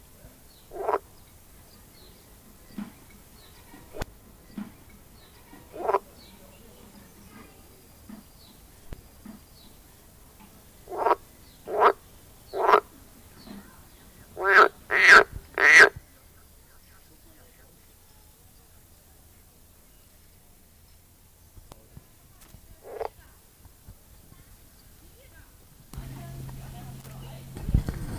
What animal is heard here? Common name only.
Edible Frog